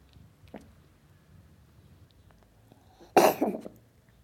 BBC Cats Coughing.